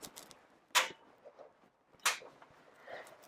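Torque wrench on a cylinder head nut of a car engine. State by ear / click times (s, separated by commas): torque reached / 2.1 s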